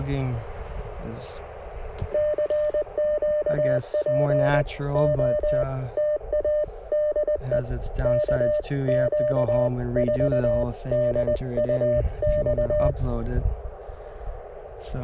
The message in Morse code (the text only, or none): CQ POTA DE KQ4DUX